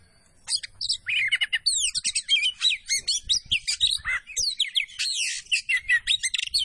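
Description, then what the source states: Oriental Magpie-robin singing a fast, dense run of sweet whistles, trills and short harsh notes, phrases tumbling one into the next for several seconds. Kacer poci variety, singing vigorously (gacor).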